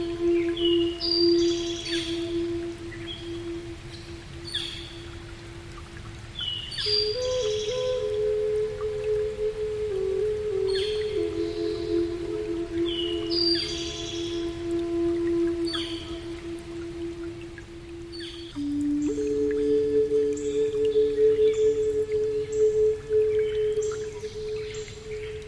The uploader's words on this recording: North American Indian Flute and Forest Sounds. Native Flute & Birds Singing.